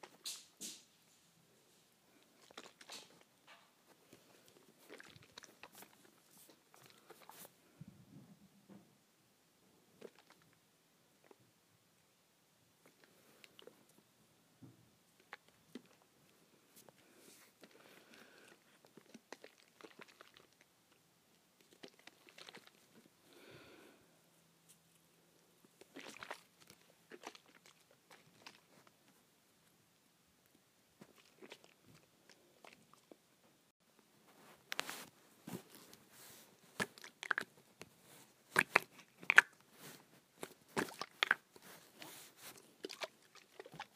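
A hair spray bottle is shaken in scattered bursts of sharp rattling clicks, sparse and quiet at first, growing louder and denser after 35 seconds.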